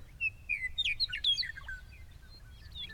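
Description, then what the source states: Meadowlark song: a quick tumbling phrase of clear whistled notes sliding downward, over low rumbling background noise. Prairie meadowlark song, associated with late April and early May; full song completed by April, only partial songs in February and March.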